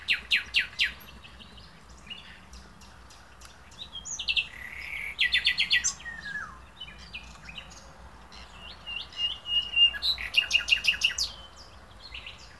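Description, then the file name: Common nightingale singing separate phrases of fast, loud repeated notes and short whistles, broken by brief pauses, with a low background hum. "Luscinia megarhynchos"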